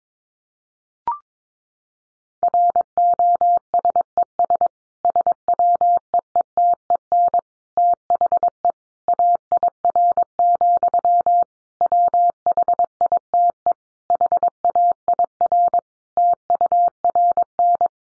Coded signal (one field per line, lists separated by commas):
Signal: Morse code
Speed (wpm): 22 wpm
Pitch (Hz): 700 Hz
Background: none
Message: ROSES SWEETEN THE AIR, WHITE HAIR TURN